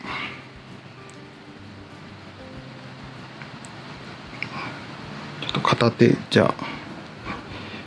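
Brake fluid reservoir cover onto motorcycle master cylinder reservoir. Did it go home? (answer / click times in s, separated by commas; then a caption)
no / none. While refitting the brake fluid reservoir cover or diaphragm onto the master cylinder reservoir of a Suzuki V-Strom 250 ABS motorcycle one-handed after bleeding the brakes for a fluid change, a few small knocks are heard around 4.4 s and 5.4–5.7 s as someone talks. The cover has not seated or clicked into place yet; it fails to fit.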